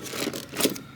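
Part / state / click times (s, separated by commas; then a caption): wiring harness connector into blower motor terminal / not seated / none. A plastic wiring harness connector is handled and pushed toward the blower motor terminal of a Chevy S10, making soft scraping and rustling plastic sounds that rise to a louder scrape around 0.6 to 0.7 s. Nothing has clicked or seated yet; the connector is not yet home.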